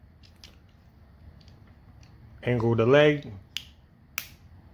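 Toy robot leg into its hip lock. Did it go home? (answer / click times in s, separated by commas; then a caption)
yes / 3.6 s, 4.2 s. Someone talks while angling the second leg of a plastic transforming robot toy, then it is clicked back into its locked position in the hip lock. Two sharp snaps ring out at 3.6 s and 4.2 s, and the leg is seated back in place.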